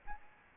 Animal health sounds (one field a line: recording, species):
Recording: mosquito wingbeat signal from an infrared sensor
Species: Aedes albopictus